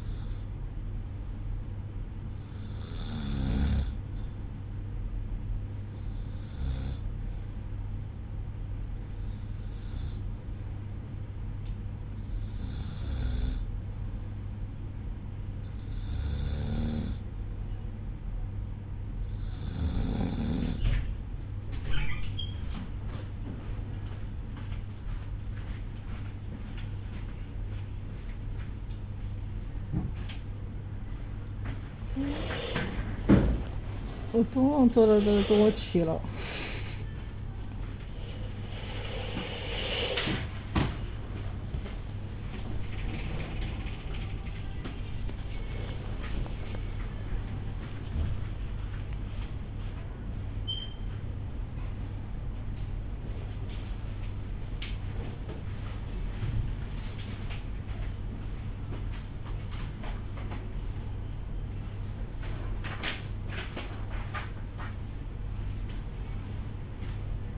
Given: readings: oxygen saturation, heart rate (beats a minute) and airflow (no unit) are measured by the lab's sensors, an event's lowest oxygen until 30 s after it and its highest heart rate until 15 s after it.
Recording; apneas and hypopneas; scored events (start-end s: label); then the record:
breathing in sleep by a smartphone at the bedside; none
36.00-67.58 s: new sleep stage, awake
40.00-67.58 s: awake
From the record:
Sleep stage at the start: REM sleep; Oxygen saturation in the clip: 94 to 97%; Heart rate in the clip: 57 to 71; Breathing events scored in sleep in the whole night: 305 in 9.6 hours asleep